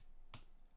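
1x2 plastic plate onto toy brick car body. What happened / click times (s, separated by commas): The small plastic plate clicked into place / 0.3 s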